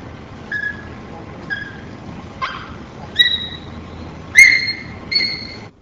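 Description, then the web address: Bonobo uttering six brief, high-pitched yelps spaced about a second apart, the later ones sharper and louder, against a low steady hiss. Vocal repertoire of the bonobo. "LIVING LINKS av bonobo repertoire"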